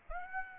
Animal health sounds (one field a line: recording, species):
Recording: mosquito wingbeat signal from an infrared sensor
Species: Aedes aegypti